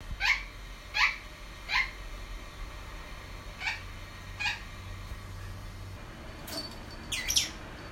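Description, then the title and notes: Sun parakeet begging calls, five sharp harsh squawks, the first three under a second apart, then a longer pause before the last two, followed near the end by a rosy-faced lovebird's two higher, thinner calls. Sun parakeet giving fond begging calls, followed by a rosy-faced lovebird's 'jubijun' call; morning. "コガネメキシコ インコの甘え鳴き、からのコザクラインコのジュビジュンッ！"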